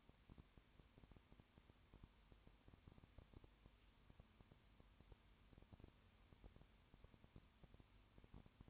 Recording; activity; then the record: daily activity, microphone in the room; no activity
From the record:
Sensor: 2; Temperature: 20.8 degrees Celsius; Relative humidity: 38.3%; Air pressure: 1010.5 hPa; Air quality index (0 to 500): 200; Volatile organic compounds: 19 ppm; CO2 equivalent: 2653 ppm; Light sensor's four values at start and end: 2/3/2/2 and 2/3/2/2